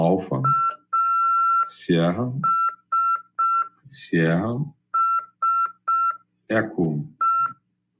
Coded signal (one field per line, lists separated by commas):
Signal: Morse code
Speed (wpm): 5 wpm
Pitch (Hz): 1350 Hz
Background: speech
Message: ASSE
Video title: RADIOAMADOR 2ªEd. 16/1/2023 "AULA 5 CW, LEGIS e C.RODADA" PY2EXU PAULO SP/SP CRASP FM 146.410 Mhz.